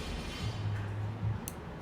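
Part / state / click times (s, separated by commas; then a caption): jump ring closing onto a chain loop / seated / 1.5 s. A metal jewelry jump ring is twisted closed with pliers onto a chain loop, with a low, steady hum underneath. At 1.5 s, a brief, sharp, high-pitched click sounds as the metal ends rub into place. The ring is closed with its ends meeting and the gap flush.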